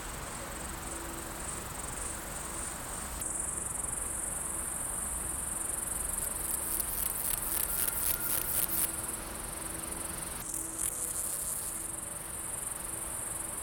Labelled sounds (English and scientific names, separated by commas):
Steppe Grasshopper (Chorthippus dorsatus) stridulation